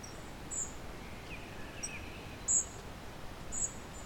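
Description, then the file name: European robin giving brief, very high, thin call notes, three clear ones one to two seconds apart, against a soft hiss of background noise. "Erithacus rubecula"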